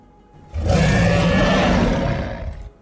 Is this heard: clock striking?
no